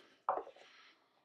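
A parallel (daisy-chain) expansion cable plug is pushed onto the port of a plug-in home solar battery. A single sharp click at 0.3 s marks the plug seating on the port, then a short fading rustle follows. The connector is seated.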